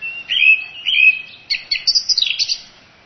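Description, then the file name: Song thrush singing: a clear whistled phrase given twice, then a quick run of sharp chirpy notes higher up. "zanglijster"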